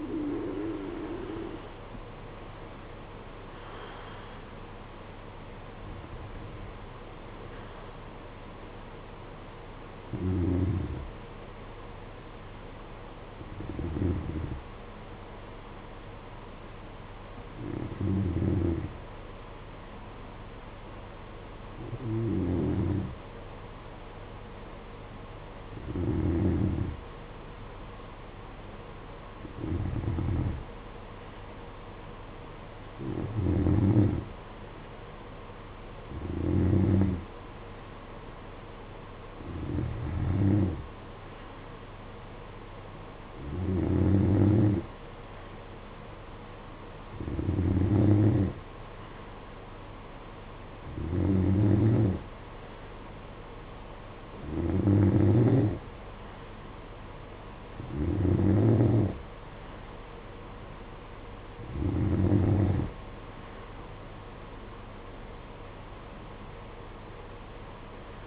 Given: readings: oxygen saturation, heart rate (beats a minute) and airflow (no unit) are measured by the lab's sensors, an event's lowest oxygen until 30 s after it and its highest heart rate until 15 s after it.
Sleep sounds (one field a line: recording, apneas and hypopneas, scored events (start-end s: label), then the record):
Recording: breathing in sleep by a voice recorder at the bedside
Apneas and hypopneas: 1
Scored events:
3.00-68.27 s: new sleep stage, N2 (light sleep)
13.00-58.70 s: hypopnea (N2, oxygen 96% highest, then 93% lowest, heart rate 53 at the start, 57 highest)
From the record:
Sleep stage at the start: N3 (deep sleep)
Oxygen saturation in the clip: 91 to 96%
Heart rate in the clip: 52 to 59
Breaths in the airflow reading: 18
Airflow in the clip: -11.7 to 9.1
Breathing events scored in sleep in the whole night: 476 in 9.7 hours asleep